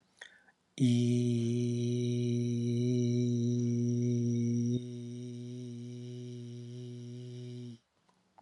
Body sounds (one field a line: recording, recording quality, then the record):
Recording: sustained vowel as in beet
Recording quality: excellent, no background noise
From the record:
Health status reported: healthy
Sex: male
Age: 44 years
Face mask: not worn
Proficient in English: yes